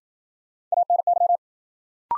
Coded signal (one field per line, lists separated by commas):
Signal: Morse code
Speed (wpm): 55 wpm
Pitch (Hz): 700 Hz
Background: none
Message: ANY